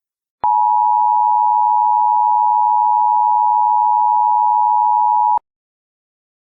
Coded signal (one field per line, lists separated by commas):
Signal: Emergency Alert System (SAME) tones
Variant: 853 and 960 Hz attention tone